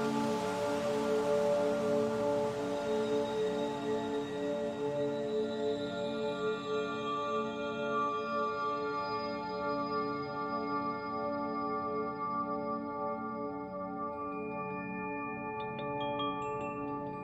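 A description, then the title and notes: Wave chimes ring in a dense shimmer, many sustained bell tones overlapping, the bright upper edge fading after six seconds while lower tones linger. Wave chimes.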